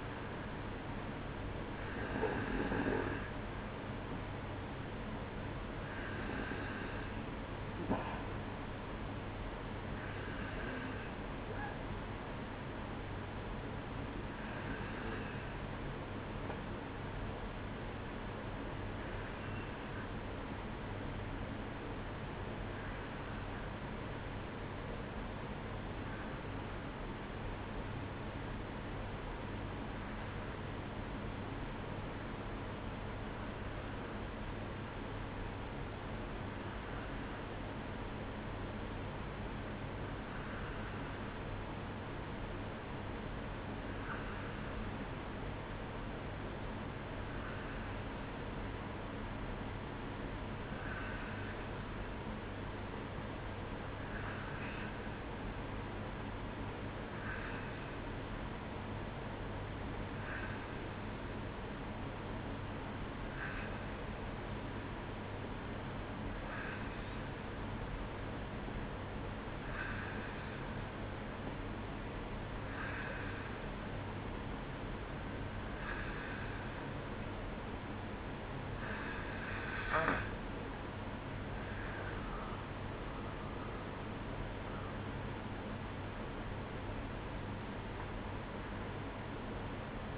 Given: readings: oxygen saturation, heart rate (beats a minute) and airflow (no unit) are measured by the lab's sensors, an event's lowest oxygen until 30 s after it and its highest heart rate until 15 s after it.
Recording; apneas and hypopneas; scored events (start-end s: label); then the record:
breathing in sleep by a voice recorder at the bedside; 1
21.00-78.20 s: hypopnea (N1, oxygen 95% highest, then 90% lowest, heart rate 59 at the start, 69 highest)
22.00-82.00 s: new sleep stage, N2 (light sleep)
82.00-90.18 s: new sleep stage, awake
85.00-90.18 s: awake
From the record:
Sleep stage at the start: N1 (lightest sleep); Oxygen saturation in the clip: 90 to 95%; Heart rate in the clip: 58 to 69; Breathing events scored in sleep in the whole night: 305 in 9.6 hours asleep